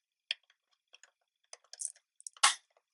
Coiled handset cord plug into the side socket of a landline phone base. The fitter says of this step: là aussi, vous devez entendre un clic pour savoir que c'est bien enclenché.